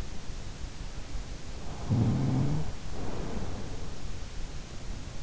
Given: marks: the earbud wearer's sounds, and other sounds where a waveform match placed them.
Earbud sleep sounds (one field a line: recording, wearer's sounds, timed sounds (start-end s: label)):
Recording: sounds in sleep by an in-ear microphone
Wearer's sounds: snoring breath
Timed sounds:
1.63-4.10 s: snoring breath